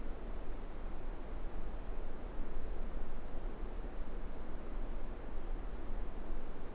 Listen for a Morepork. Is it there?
no